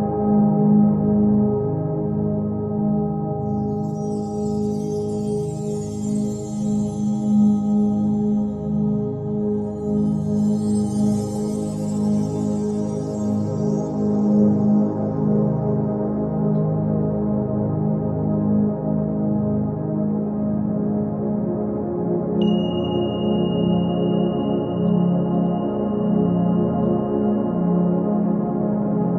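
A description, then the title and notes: A 417hz singing bowl rings in a dense, steady low hum with layered tones, two soft hissy swells early and a thin high whistle later. 417hz singing bowl.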